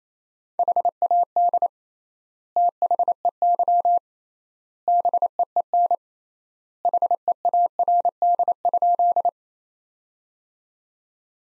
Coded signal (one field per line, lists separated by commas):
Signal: Morse code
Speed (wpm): 27 wpm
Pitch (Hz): 700 Hz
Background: none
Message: HAD THEY BEEN HEARD?